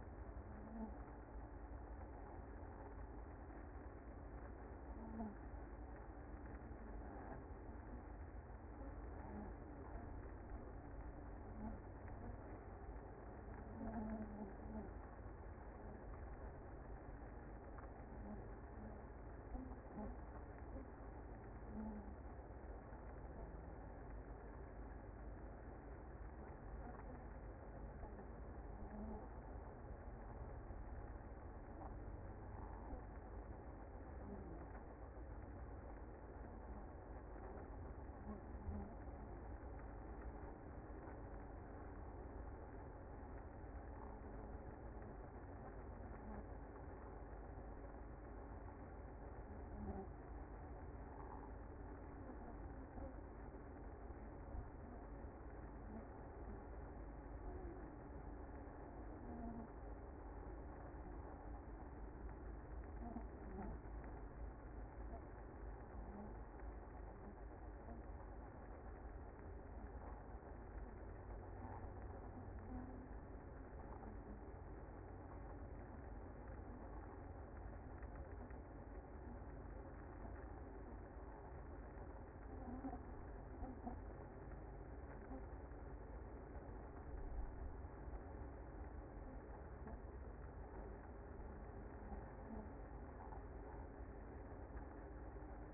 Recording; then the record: honeybee colony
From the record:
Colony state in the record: active